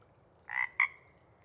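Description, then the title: Pacific chorus frog uttering one loud two-note rib-bit, a rough buzzing note then a brief sharper one, in a quiet setting. Sparse chorus before dawn as twilight begins; a few males keep calling to attract mates while most have gone back to burrow. "Chorus Frogs, Sparse, pre-Dawn"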